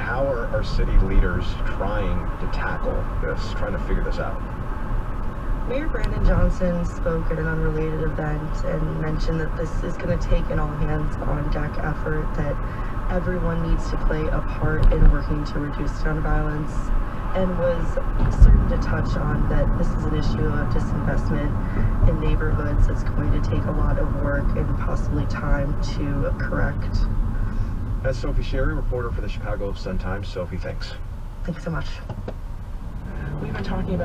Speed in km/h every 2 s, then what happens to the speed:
44, 47, 45, 45, 44, 45, 47, 47, 45, 44, 40, 34, 32, 26, 15, 8, 15.
0-19 steady at about 45. 19-31 slows to 8. 31-34 speeds up to 15.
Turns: none.